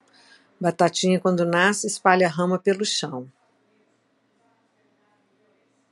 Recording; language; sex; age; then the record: short text; Brazilian Portuguese; female; 60 to 69 years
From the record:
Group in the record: control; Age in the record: 66 years